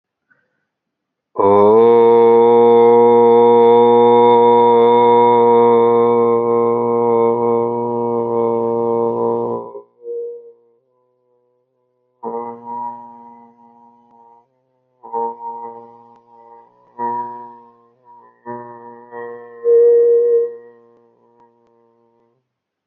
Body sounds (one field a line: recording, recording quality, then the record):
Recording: sustained vowel as in boot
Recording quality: excellent, no background noise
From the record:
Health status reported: healthy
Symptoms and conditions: none ticked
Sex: male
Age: 28 years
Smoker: not ticked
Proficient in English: yes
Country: India